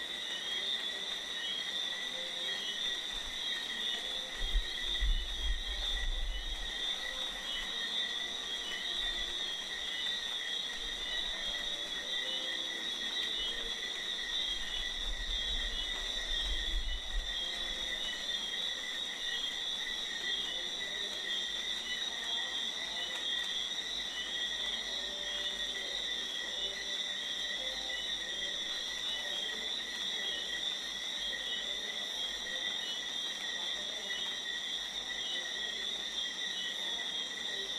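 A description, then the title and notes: A rainforest night, filled with a steady, dense insect chorus of several high, unbroken whining tones layered over one another. The drone holds constant throughout. Two brief low rumbles rise beneath it, near the fifth second and again around the sixteenth. A jungle night in the rainforest is characterized by the sounds of the forest coming alive.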